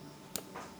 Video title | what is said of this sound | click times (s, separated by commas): การต่อหัวMC4 สายโซล่าเซลล์ | อ่าดังแก๊กนั่น | 0.4 s